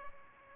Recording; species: mosquito wingbeat signal from an infrared sensor; Culex pipiens